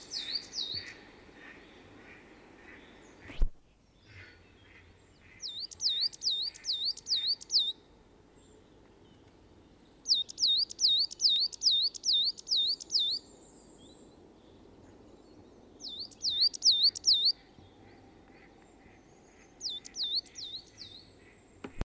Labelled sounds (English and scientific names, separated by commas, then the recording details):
Coal Tit (Periparus ater) song
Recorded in the wild
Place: Schmelz, Saarland, DE
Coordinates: 49.4789, 6.87778
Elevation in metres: 240
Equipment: Nagra IV, Sennheiser MKH 405, Parabolreflektor
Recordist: Tretzel, Erwin